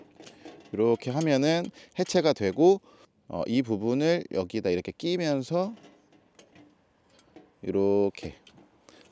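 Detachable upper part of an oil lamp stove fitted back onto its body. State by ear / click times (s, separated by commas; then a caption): seated / 8.9 s. Someone talks while reassembling a small oil lamp stove, pushing its detachable metal upper part back into its housing on the body, with faint handling taps as it is fitted. A sharp click at 8.9 s marks the part seating in place.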